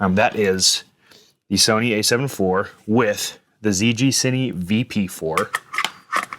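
Someone talks while handling a V-mount battery going onto the V-mount plate of a camera rig with a Sony a7 IV and a ZGCINE VP4, with a few small sharp handling taps near the end. The battery has not seated or clicked into the plate yet.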